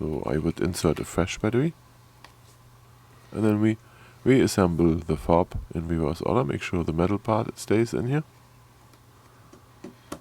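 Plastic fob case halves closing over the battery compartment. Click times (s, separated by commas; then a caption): 10.1 s. A person talks while the two plastic halves of a Jeep remote key fob case are pressed back together over the battery compartment after the coin cell is replaced. A few faint ticks are heard near the end. The case snaps shut with a sharp click at 10.1 s, confirming it is seated.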